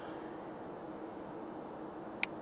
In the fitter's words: Put in our little night latch here, a little click.